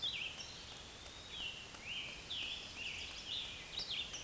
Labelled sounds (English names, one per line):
Scarlet Tanager song